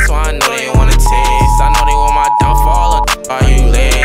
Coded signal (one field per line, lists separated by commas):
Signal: Emergency Alert System (SAME) tones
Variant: 853 and 960 Hz attention tone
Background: music